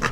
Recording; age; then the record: pig call; piglet (1 to 25 days)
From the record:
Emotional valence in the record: positive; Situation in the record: reunion after long isolation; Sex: female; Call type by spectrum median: low-frequency call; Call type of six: low-frequency tonal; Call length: 0.12 s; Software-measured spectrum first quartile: 367 Hz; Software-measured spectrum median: 1195 Hz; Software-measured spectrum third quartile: 1967 Hz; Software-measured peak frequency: 1211 Hz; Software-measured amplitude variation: 133 dB a second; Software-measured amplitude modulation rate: 12.7 a second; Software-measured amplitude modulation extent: 10.5 dB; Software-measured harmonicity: -1.2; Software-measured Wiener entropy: -1.20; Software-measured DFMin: 701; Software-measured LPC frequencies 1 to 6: 1243, 1783, 2647, 3927, 4908, 5471 Hz